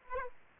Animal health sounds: mosquito wingbeat signal from an infrared sensor; Aedes aegypti

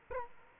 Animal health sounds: mosquito wingbeat signal from an infrared sensor; Culex quinquefasciatus

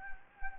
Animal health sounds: mosquito wingbeat signal from an infrared sensor; Anopheles gambiae

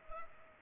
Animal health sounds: mosquito wingbeat signal from an infrared sensor; Culex pipiens

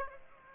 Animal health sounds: mosquito wingbeat signal from an infrared sensor; Aedes aegypti

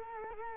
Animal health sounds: mosquito wingbeat signal from an infrared sensor; Culex quinquefasciatus

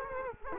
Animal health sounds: mosquito wingbeat signal from an infrared sensor; Culex quinquefasciatus

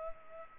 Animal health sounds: mosquito wingbeat signal from an infrared sensor; Culex pipiens

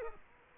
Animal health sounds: mosquito wingbeat signal from an infrared sensor; Culex quinquefasciatus

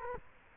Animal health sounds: mosquito wingbeat signal from an infrared sensor; Culex quinquefasciatus

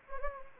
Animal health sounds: mosquito wingbeat signal from an infrared sensor; Anopheles gambiae

